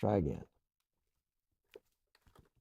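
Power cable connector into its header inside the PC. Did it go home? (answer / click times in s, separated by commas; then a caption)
yes / 1.7 s. Someone talks briefly, then after a pause a power cable connector is pushed into its header inside a PC. It latches with a quiet click at 1.7 s and is seen to be clicked in, followed by a few faint taps.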